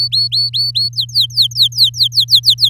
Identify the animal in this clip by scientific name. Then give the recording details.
Serinus canaria. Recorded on 8 May 2018 at 14:20. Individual llb16